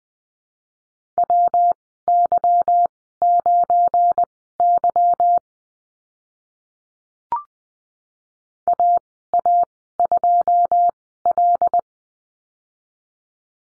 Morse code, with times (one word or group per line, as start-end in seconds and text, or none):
1.2-5.4 WY9Y
8.7-11.8 AA2L